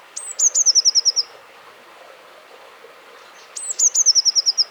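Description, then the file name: Two Eurasian blue tit phrases, each with high, piercing lead-in notes and a rapid trill of about seven notes, roughly two seconds apart. "Cyanistes caeruleus"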